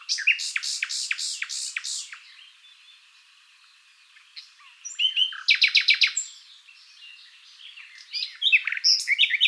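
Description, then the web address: Common nightingale song: a fast burst of loud repeated notes, a quieter pause of soft twitters, then another rapid run of repeated notes and varied chirps. "SETE Luscinia megarhynchos"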